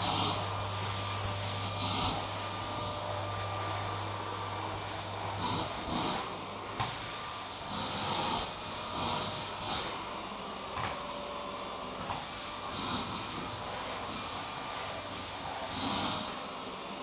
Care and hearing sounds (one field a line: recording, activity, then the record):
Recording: daily activity, microphone in the room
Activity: vacuum cleaning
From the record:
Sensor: 1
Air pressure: 1009.6 hPa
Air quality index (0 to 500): 194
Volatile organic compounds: 19 ppm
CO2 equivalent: 2653 ppm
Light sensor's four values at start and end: 28/73/29/36 and 31/79/33/40